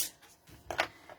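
A plastic cap is pushed back onto an alcohol blending marker, giving a sharp, short double snap at 0.7 s and 0.8 s after a faint rustle. The cap seats fully, which keeps the marker from drying out.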